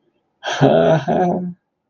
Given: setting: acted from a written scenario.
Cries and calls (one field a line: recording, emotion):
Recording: vocal sound without words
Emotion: positive surprise